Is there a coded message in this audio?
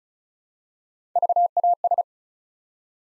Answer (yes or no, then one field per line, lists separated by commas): yes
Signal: Morse code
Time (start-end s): 1.2-2.0 s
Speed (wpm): 36 wpm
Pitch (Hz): 700 Hz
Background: none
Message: VAS